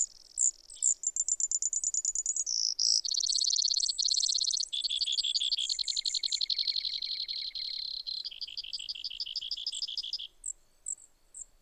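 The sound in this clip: Brewer's sparrow in a long, varied song of high chips, buzzes and trills at several speeds and pitches, running about ten seconds without a break.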